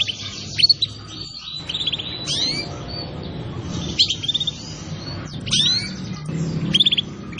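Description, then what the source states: Canary song with sweeping upward slurs, chattering trills and buzzy notes, separated by brief gaps, low hum underneath. Canary song used as a lure (pikat) to attract birds.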